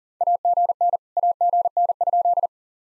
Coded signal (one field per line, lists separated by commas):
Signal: Morse code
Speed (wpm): 42 wpm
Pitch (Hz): 700 Hz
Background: none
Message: AGN AGN?